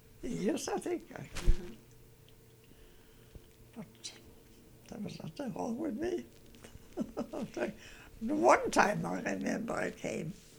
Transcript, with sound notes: Yes, I think. But there was nothing wrong with me. ( she laughs ) One time I remember came.